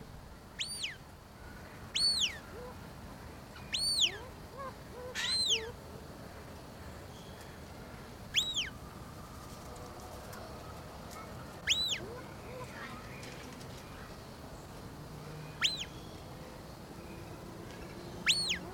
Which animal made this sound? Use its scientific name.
Crax fasciolata